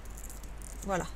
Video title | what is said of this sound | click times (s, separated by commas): Achats version scrap paris | on entend les clips quand on | 0.2 s, 0.3 s, 0.4 s, 0.6 s